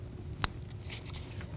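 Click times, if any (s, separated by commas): 0.4 s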